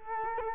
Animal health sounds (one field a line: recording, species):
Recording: mosquito wingbeat signal from an infrared sensor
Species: Culex quinquefasciatus